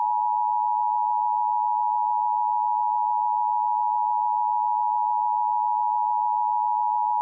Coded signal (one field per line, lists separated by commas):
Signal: Emergency Alert System (SAME) tones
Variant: 853 and 960 Hz attention tone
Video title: EAS Mock: Civil Emergency Message (Requested)